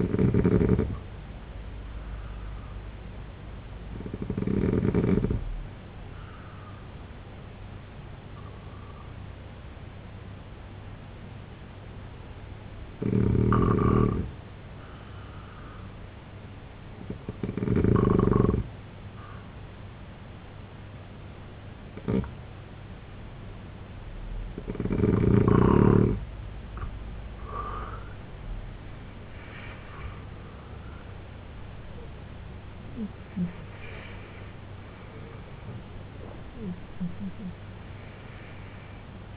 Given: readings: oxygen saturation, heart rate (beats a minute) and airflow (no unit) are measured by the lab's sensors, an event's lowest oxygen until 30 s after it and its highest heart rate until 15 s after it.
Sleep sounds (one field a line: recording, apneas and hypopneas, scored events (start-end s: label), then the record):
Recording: breathing in sleep by a voice recorder at the bedside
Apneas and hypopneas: 1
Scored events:
4.00-23.90 s: hypopnea (N2, oxygen 94% highest, then 90% lowest, heart rate 70 at the start, 101 highest)
18.00-39.37 s: new sleep stage, N1 (lightest sleep)
From the record:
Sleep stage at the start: N2 (light sleep)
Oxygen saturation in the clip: 88 to 94%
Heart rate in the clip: 66 to 101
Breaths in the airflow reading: 8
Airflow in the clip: -11.4 to 13.1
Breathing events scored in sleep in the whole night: 258 in 7.4 hours asleep